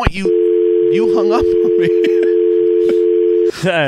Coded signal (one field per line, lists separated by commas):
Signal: telephone call progress tone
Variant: North America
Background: speech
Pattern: dial tone